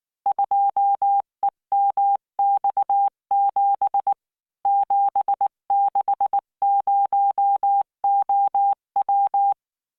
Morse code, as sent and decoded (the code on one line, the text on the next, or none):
..--- . -- -..- --... / --... -.... ----- --- .--
2EMX7 760OW